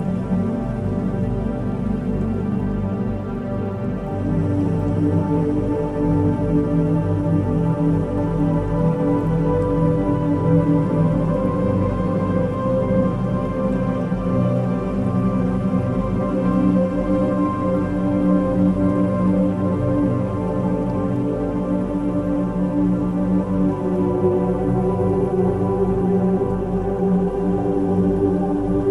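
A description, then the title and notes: Healing frequency music with binaural beats: a dense, steady wash of sustained tones that hardly changes over the half minute. Many layered drones sit in the low and middle range, with a brighter tone swelling slightly near the end. The level stays even throughout. 528 Hz Solar Plexus Healing Frequency Music + Binaural Beats.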